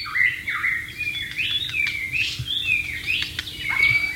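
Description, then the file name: White-rumped shama song: a flowing series of whistled notes swooping up and down, over steady background noise. Wild bird, singing in its natural habitat. "suara burung murai batu di alam liar"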